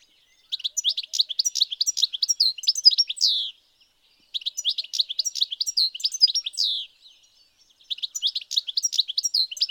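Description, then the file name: European goldfinch twittering in three quick bursts of liquid, high-pitched chirps and trills, the first two lasting a few seconds and the last cut short, with short silences between. "Carduelis carduelis"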